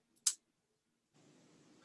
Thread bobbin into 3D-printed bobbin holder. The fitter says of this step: pops right in and then